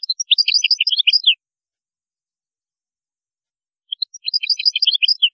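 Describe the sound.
European goldfinch singing two short phrases of quick, liquid chirps and twitters with a long pause between them.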